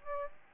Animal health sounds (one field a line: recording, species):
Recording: mosquito wingbeat signal from an infrared sensor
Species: Aedes albopictus